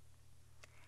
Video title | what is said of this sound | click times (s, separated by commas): Canon imagePROGRAF iPF 17" and 24" printer installation tutorial | until it locks into place | 0.6 s